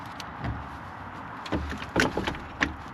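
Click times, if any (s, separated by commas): none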